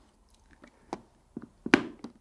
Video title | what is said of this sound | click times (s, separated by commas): How to change a visor: Shoei J-O & Ex-Zero motorcycle helmets | clicks into place. | 1.7 s